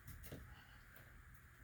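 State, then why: Not seated. An inexpensive LED shop light, a plastic and metal fixture, is handled as it is fitted onto its ceiling mounting clip above a sump pump, with several soft knocks and scrapes over a steady background. Nothing has snapped into place yet.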